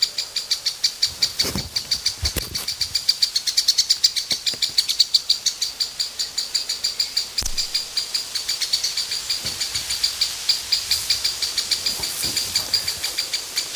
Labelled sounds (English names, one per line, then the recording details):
Lesser Spotted Woodpecker
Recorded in the wild
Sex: diverse
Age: diverse
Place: Mühlenbecker Land, OT Summt, Brandenburg, DE
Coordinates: 52.6931, 13.3619
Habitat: garden
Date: 1983-06-04 12:56
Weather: overcast, 18-26°C, light winds
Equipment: Nagra SN, Kopie Uher 4000 Monitor Report
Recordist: Tembrock, Günter